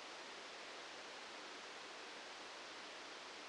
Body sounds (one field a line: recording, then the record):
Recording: brain microelectrode recording played as sound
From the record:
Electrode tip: outside the subthalamic nucleus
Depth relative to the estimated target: -4 mm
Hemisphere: right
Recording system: NeuroSet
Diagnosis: Parkinson's disease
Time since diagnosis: 8 years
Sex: male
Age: 65 years